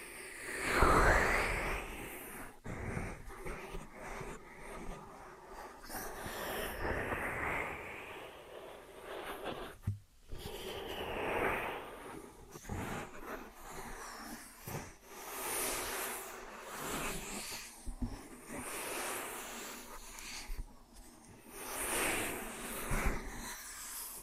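An ear and scalp massage and cleaning, heard as steady rubbing and scratchy brushing strokes that swell and fade every few seconds. The strokes are bright and hissy, with a soft thump near the start and a brief drop to near silence around ten seconds.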